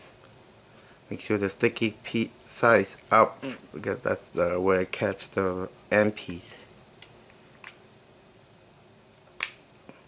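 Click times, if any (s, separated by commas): 7.0 s, 9.4 s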